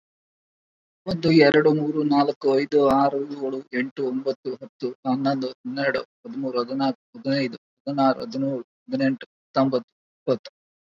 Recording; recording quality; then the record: counting at a normal pace; excellent, no background noise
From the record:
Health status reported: COVID-19 positive, moderate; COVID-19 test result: positive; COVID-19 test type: RT-PCR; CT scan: not taken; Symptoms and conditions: cough, cold, breathing difficulty, sore throat, fever, fatigue, muscle pain, diarrhoea, hypertension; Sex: male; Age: 36 years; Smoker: yes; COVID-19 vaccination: one dose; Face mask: worn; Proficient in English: no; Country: India